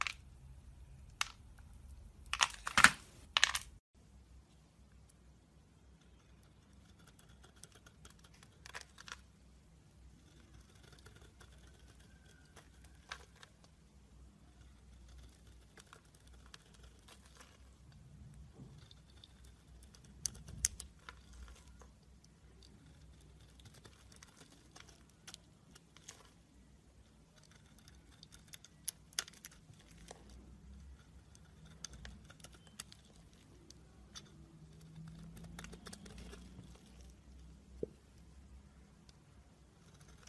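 Soap carving: a quiet, steady low hum runs underneath sparse, sharp little clicks and scrapes of the tool against the bar. A cluster of louder taps comes near the start, then softer ticks and scratches recur irregularly every few seconds.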